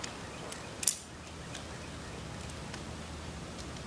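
A lightweight Big Agnes Copper Spur 3UL tent pole end is pushed into its plastic pole hub. After faint ticks at 0.0, 0.5 and 0.8 s, it snaps into place with a sharp, loud click at 0.9 s. The pole end is seated in the hub.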